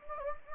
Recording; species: mosquito wingbeat signal from an infrared sensor; Anopheles gambiae